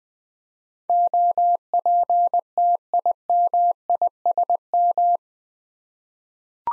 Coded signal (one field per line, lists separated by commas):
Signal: Morse code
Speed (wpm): 20 wpm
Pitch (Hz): 700 Hz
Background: none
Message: OPTIMISM